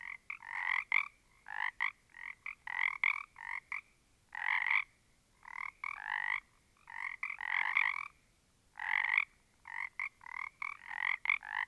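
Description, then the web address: Several frogs giving raspy, pulsed croaks in irregular clumps, each burst lasting under a second, with quiet gaps between groups of calls. A small group of frogs. "static audio olofonia Small Group of Frogs"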